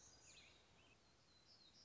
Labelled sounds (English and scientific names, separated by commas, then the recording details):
Black-throated Gray Warbler (Setophaga nigrescens)
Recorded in Sonoma County, California